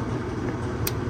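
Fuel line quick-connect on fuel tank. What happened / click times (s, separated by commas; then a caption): The quick-connect line fitting snapped home / 0.9 s. A fuel line quick-connect is pushed onto the fuel tank during a 6.7 Powerstroke CP4 fuel system replacement, and its lock is pressed down to make sure it is seated. Over a steady low rumble, one sharp, short click sounds at 0.9 s as the connector lock snaps home and is confirmed seated.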